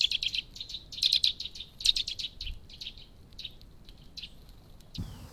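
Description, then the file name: Eurasian nuthatch delivering rapid clusters of high piping notes that thin out and fade, ending with a brief low thump. "canto verso picchio muratore sitta europaea wood Nuthatch kleiber"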